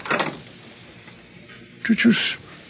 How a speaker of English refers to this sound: Did you see that? The door opened by itself. Obviously, we are being invited in to have a look round.